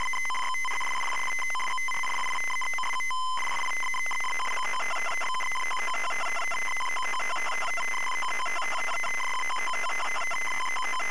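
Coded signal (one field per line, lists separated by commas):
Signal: ZX Spectrum tape loading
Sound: steady buzzy lead tone, then harsh rapidly warbling data screech with rich harmonics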